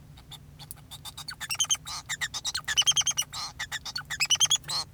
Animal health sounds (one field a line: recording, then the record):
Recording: song of a male Bengalese finch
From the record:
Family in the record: son of father 2